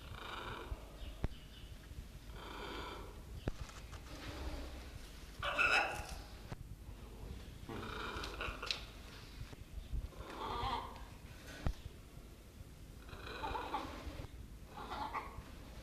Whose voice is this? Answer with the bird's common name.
Red-and-green Macaw